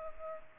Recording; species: mosquito wingbeat signal from an infrared sensor; Culex pipiens